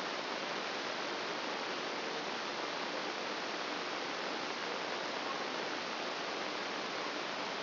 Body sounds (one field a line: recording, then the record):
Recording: brain microelectrode recording played as sound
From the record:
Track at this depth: outside the subthalamic nucleus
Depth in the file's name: 1.078 mm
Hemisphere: left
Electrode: 3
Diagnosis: Parkinson's disease